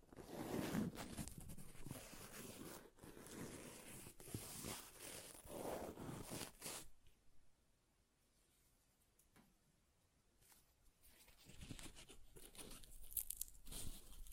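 Paper is ripped and torn in dense, crackly bursts for the first seven seconds, then a quieter pause before sharper tearing returns near the end.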